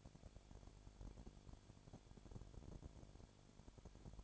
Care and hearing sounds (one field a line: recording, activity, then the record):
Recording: daily activity, microphone in the room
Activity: no activity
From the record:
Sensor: 5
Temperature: 20.2 degrees Celsius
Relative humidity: 36.5%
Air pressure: 1001.2 hPa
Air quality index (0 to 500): 177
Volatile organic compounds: 4 ppm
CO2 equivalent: 1612 ppm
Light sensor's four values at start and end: 2/3/1/1 and 2/3/1/1